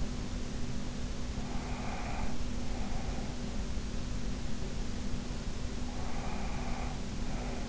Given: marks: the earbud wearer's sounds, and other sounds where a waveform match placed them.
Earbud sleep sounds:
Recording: sounds in sleep by an in-ear microphone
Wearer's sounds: breath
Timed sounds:
1.64-3.47 s: breath
5.75-7.69 s: breath

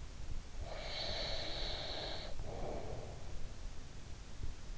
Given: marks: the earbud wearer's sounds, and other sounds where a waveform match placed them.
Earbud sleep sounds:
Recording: sounds in sleep by an in-ear microphone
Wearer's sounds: breath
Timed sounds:
0.33-3.58 s: breath

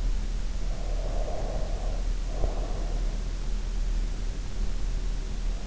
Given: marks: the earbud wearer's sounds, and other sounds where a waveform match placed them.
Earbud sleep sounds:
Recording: sounds in sleep by an in-ear microphone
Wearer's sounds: breath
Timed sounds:
0.39-3.91 s: breath

